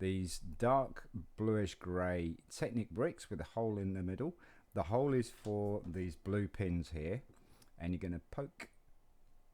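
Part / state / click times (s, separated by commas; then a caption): plastic Technic pin into a Technic brick hole / not seated / none. Someone talks while handling a blue plastic LEGO Technic pin and a dark bluish gray Technic brick with a hole in the middle, from the 2016 LEGO Star Wars set 911607-1 Millennium Falcon; the pin is about to be pushed through the hole. Nothing has seated or clicked yet.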